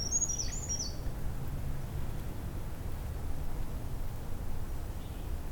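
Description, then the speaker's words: Black-capped Chickadee whistled song: a few clear high whistles at the start, then quiet with a steady low background noise. Very whistly song from a bird certainly on territory; in Beverly Swamp, early April. "there's a singing black-capped chickadee here too. It's a very whistly song. Also"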